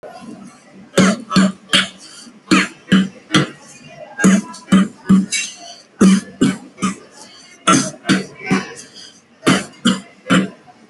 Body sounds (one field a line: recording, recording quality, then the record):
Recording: shallow voluntary cough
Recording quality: excellent, no background noise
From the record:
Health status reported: healthy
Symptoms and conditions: none ticked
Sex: male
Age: 31 years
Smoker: not ticked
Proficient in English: yes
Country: India